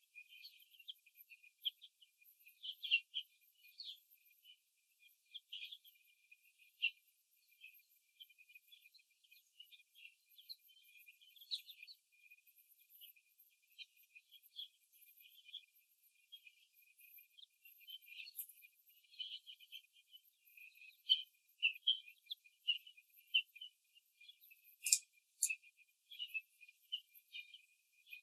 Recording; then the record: young laying hens in a cage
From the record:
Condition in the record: after the stressor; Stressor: simulated dog barking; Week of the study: 2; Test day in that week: 3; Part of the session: 1